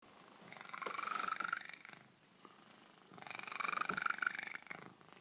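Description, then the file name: Cat purr, loud and rumbling, swelling in two phases with a slightly rising hum, a short quiet gap between them. Very loud purring. "Cat purrs very loud-Mikkel Pedersen"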